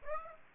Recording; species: mosquito wingbeat signal from an infrared sensor; Aedes aegypti